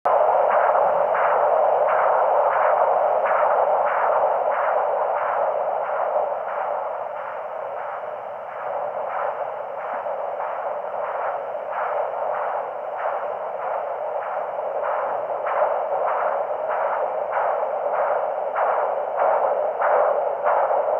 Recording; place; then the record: Doppler ultrasound of blood flow; carotid artery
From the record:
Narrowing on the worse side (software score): occlusion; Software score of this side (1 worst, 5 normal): 1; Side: right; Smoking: never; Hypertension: yes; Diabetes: type 2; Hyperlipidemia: yes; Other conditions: systemic lupus erythematosus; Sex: female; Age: 23 years